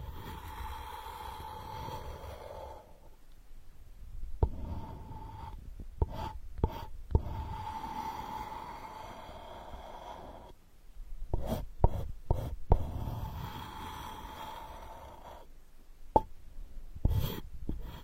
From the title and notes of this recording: Unique straw therapy ear digging experience.